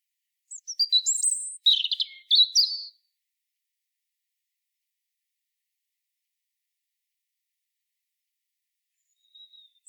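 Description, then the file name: European robin gives one short phrase of high, thin, rapid twittering notes, followed by a long silence and a few faint brief notes at the end. "Erithacus rubecula"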